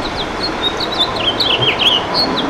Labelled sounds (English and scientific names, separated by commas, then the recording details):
House Finch (Haemorhous mexicanus) song
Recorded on Long Island, New York, on 28 June 2012
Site SB
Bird A